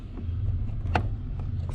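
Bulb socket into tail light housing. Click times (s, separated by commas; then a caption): 1.0 s. A bulb socket is put back into the tail light housing of a 2015–2022 Nissan Murano and twisted until it locks, over a steady low hum. A sharp click lands at 1.0 s, with fainter ticks around it, and the socket is seated.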